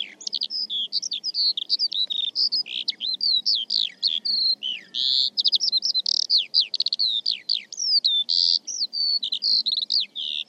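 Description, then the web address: Bird delivering a long, unbroken song of sharp chirps, sliding whistles and dense trilled clusters, high in pitch and very varied. "Deverinetal"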